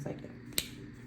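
The second side clip of a plastic stopper piece snaps into a formula pitcher lid with a single sharp snap at 0.6 s, showing it is seated properly. Someone talks briefly before the snap, and low murmuring fills the rest of the clip.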